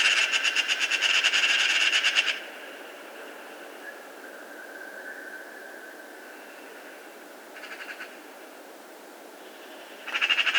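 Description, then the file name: Eurasian magpie giving harsh rattling chatter in two bursts, one at the start and one at the end, with a quieter stretch and a brief rasp between them. "Pica pica"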